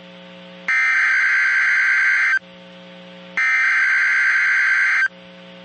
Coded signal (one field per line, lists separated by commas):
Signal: Emergency Alert System (SAME) tones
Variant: header bursts